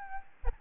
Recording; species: mosquito wingbeat signal from an infrared sensor; Aedes albopictus